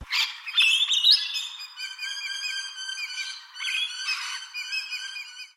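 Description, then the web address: Bird calls, a burst of squeaky chirps and rising whistles followed by harsh, layered squawking notes that fade and swell over several seconds. Call, recorded in Australia. "Sound Effects-Foundation 1 BIRD AUS BIRD 04 CALL 01"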